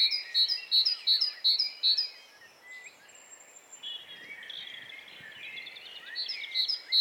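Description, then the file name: Great tit song opening with several quick ringing double notes, then a stretch of other birds' warbling and chirps before the phrases resume briefly. "Parus major"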